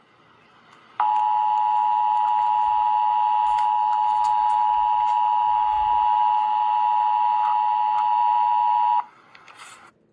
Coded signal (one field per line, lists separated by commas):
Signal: Emergency Alert System (SAME) tones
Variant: 853 and 960 Hz attention tone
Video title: EAS Update - Extreme Heat Warning - Jul 1, 2026 at 1:05 PM EDT